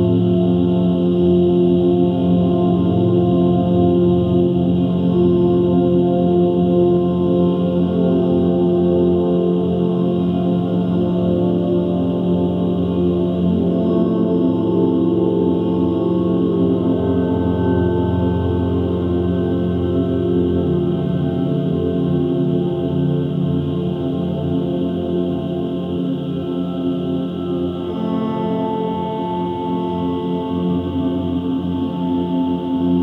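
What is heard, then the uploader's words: Chakra tones and vibrations ring out as a dense, steady drone of layered low and middle tones, like singing bowls or gongs sounding together. The level holds constant for the whole half minute, with slight shifts in the blend after about twenty seconds. Chakra friendly tones and vibrations.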